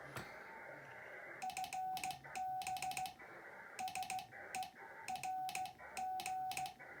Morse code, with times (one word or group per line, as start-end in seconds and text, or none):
1.4-3.1 FB
3.8-6.7 SERG